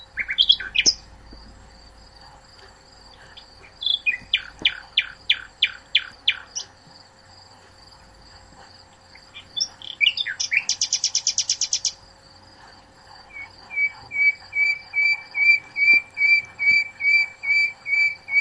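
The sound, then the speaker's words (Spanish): A recording of a bird song plays: repeated bursts of bright, high whistled notes, with rapid trilling runs and a steady series of evenly spaced chirps, over a faint low background hum and no talking. “Vamos a ver si podemos volver a escuchar nosotros el audio el pájaro por el que estamos preguntando.”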